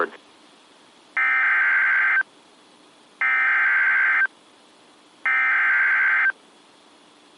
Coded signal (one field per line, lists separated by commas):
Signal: Emergency Alert System (SAME) tones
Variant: header bursts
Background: speech